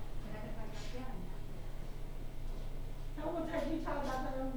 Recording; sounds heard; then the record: poultry house recording; no chicken sound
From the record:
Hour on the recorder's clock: 17